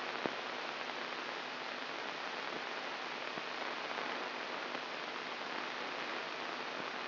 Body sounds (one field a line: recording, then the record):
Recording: brain microelectrode recording played as sound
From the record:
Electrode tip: inside the subthalamic nucleus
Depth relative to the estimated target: 1 mm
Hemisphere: left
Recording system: AlphaMap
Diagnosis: Parkinson's disease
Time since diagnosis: 24 years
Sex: female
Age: 57 years